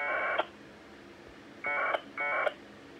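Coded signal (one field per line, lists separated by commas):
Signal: packet radio (AX.25, as in APRS)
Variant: 1200 baud Bell 202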